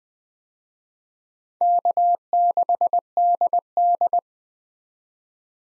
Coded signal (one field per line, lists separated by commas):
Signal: Morse code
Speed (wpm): 20 wpm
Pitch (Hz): 700 Hz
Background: none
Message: K6DD